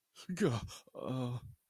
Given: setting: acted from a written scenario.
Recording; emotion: vocal sound without words; negative surprise